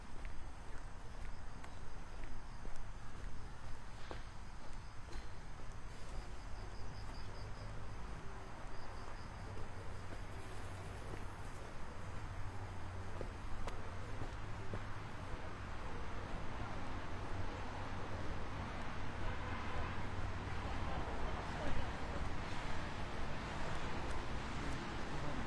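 A walk outdoors at a noon break, with a steady wash of traffic and street noise filling the whole clip. Low engine rumble rises and falls as vehicles pass, and faint voices and scattered clicks surface now and then.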